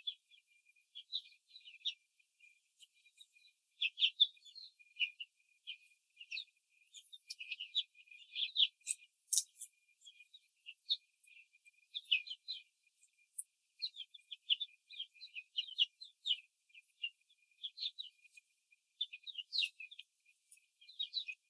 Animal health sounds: young laying hens in a cage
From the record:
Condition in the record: control cage, before the stress test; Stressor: none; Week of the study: 4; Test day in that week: 3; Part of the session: 4

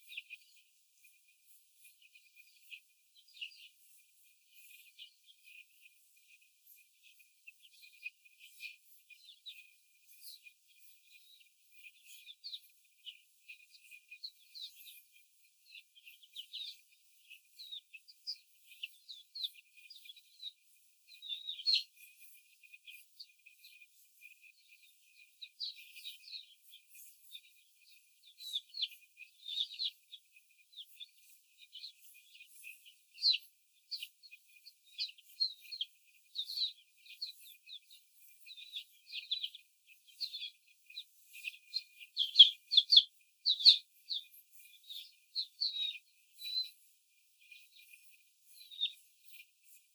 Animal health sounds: young laying hens in a cage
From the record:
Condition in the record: before the stressor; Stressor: simulated dog barking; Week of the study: 4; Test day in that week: 1

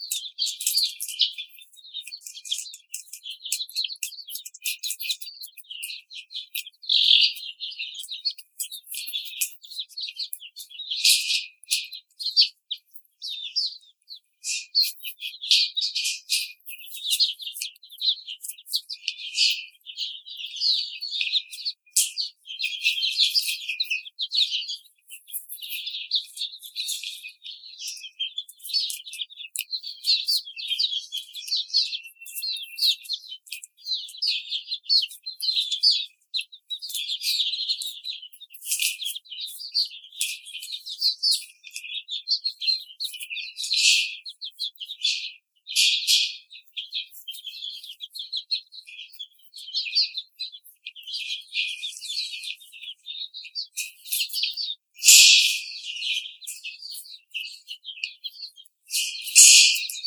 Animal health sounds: young laying hens in a cage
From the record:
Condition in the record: treatment cage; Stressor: simulated dog barking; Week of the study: 5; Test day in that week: 1

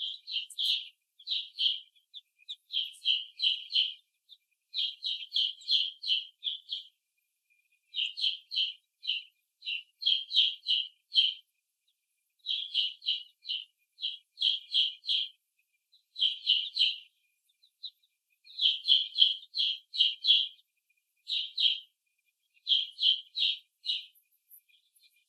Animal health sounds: young laying hens in a cage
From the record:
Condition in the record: before the stressor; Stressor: simulated dog barking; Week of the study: 1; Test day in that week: 2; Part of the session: 1

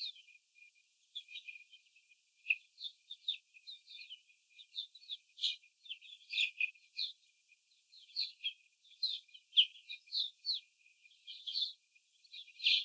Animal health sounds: young laying hens in a cage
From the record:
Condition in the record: after the stressor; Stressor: simulated dog barking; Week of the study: 4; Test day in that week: 3

